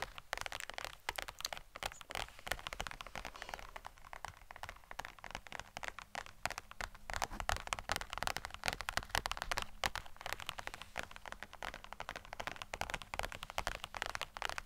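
Rapid, dense tapping runs through the whole fifteen seconds, a stream of sharp little clicks landing at an irregular, busy pace. The taps are crisp and bright with little low end, and their loudness stays fairly even, with a slight swell in the middle.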